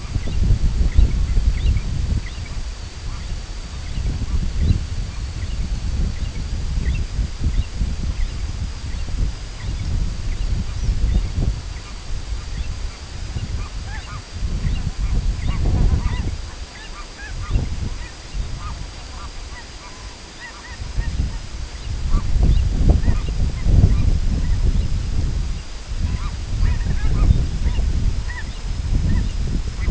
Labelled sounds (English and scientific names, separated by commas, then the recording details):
American Golden-plover (Pluvialis dominica), Long-tailed Duck (Clangula hyemalis), unidentified sound
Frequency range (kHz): American Golden-plover (Pluvialis dominica) 1.6-4.5 kHz; Long-tailed Duck (Clangula hyemalis) 0.8-1.7 kHz
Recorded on Arctic tundra, site IGLO-D, on 24 June 2018
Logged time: 10:00